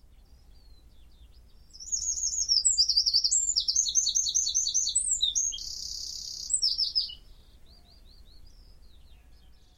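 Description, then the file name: Eurasian wren delivers a vigorous five-second song of rapid high trills and chattering notes, with quieter background before and after. "Troglodytes troglodytes"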